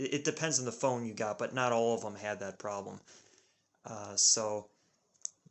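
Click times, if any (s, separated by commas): 5.2 s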